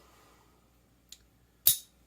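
The straight-pull bolt of an old steel M95 Mannlicher military rifle with a worn spring is closed into the receiver, with a faint light tick at 1.1 s before the bolt goes home at 1.7 s. It closes with a dull clunk instead of the usual snap, an odd, weak closing sound, but the bolt is fully seated rather than failing to close.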